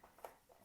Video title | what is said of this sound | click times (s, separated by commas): Lionel Legacy 49'er ES44ac: Product Review | And to cover all these switches back up, you just take the cover, fit it over it, and it should snap right in | 0.2 s